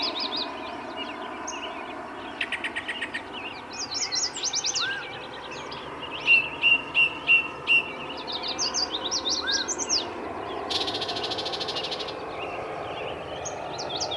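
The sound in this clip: Several birds sing at once: scattered high twitters, short buzzy bursts and a brief run of clipped notes over constant low background noise.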